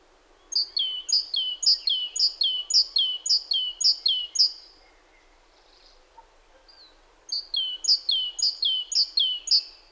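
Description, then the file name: Great tit repeating its bright two-note phrase in a long run, falling silent for a few seconds, then resuming with the same see-sawing pairs. "Parus major"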